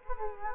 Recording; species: mosquito wingbeat signal from an infrared sensor; Culex quinquefasciatus